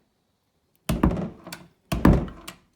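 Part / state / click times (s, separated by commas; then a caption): door latch into strike plate in door frame / not seated / none. A painted interior door is pushed shut twice, thudding against its frame at about 0.9 s and 1.9 s, each followed by smaller knocks and rattles as it bounces. The latch never catches in the strike plate, so the door has not latched at any point and stays unclosed. It only latches when pulled very hard, possibly because an open window creates a slight vacuum.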